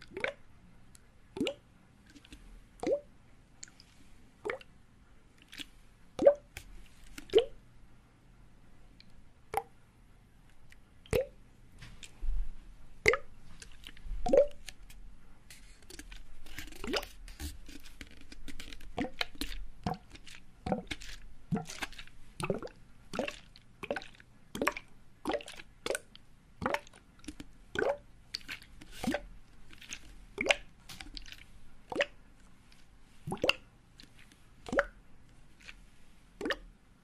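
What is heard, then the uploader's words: Water play with a bath bomb: sharp plops and drips land steadily, about one or two every second, for the whole clip. A soft fizzing wash swells faintly in the middle stretch, over a low, steady hum underneath. Bath bomb.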